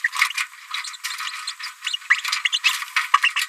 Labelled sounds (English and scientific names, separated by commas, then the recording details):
Green-rumped Parrotlet (Forpus passerinus) babbling
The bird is a female
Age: 30 days
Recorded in a nest box in Venezuela
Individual 17B73B2